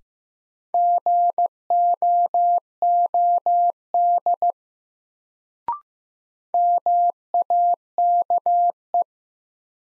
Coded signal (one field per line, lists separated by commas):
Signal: Morse code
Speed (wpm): 15 wpm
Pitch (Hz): 700 Hz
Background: none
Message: GOOD MAKE